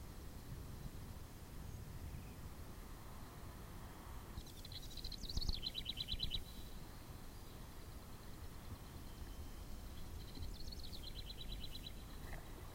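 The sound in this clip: House wren song given twice, about six seconds apart, each a gurgling jumble ending in a fast trill, against a steady low hum.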